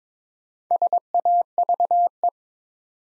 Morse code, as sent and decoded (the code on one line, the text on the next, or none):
... .- ...- .
SAVE